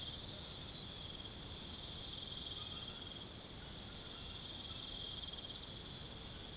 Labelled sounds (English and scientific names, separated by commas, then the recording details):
none
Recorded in pastures near Puerto Asís, Putumayo, Colombia, on 8 March 2025 at 00:30
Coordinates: 0.486, -76.323
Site G075